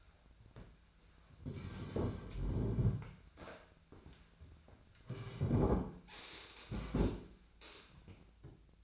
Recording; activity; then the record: daily activity, microphone in the room; sit down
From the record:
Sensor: 2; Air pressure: 1007.8 hPa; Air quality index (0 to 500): 179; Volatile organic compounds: 10 ppm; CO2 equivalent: 2201 ppm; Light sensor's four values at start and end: 9/23/9/10 and 10/24/10/10